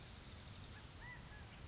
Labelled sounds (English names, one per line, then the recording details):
California Quail
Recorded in Sonoma County, California